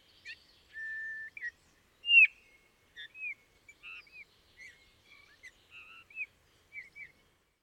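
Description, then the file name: Eurasian bullfinch piping: a long flat whistle, then a loud curved note and a string of short soft arching whistles and quiet creaky notes. "gimpel"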